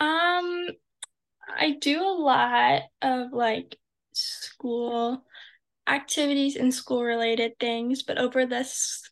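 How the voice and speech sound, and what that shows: A teenage girl, a high school senior who stutters, opens with a long held "um" and a pause, then stretches sounds in "lot" and the /s/ of "school" before moving on more fluently. These sound prolongations and hesitations fit mild stuttering.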